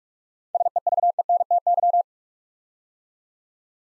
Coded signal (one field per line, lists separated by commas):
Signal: Morse code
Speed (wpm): 44 wpm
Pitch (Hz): 700 Hz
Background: none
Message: SEVENTY